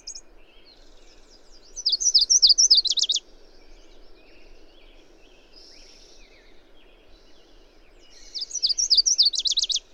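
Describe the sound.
Bird song phrase repeated twice, each a run of high slurred notes ending in a fast trill, with soft chirping between.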